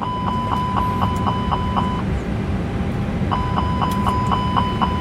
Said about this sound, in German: Jetzt machen wir einen Fire-Test, ob das Feuerwarnsystem funktioniert. Erst in der Hilfsturbine und dann in beiden Triebwerken.